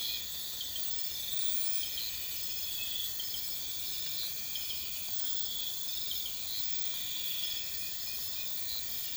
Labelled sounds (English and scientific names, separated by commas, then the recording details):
none
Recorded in pastures near Puerto Asís, Putumayo, Colombia, on 26 December 2024 at 03:00
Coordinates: 0.472, -76.329
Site G072